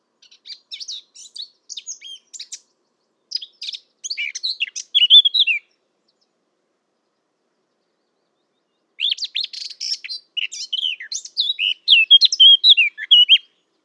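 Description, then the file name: Eurasian blackcap song: bursts of quick chattering, warbling high notes, a long silent gap, then another strophe ending in louder, clearer fluted phrases. "Sylvia atricapilla"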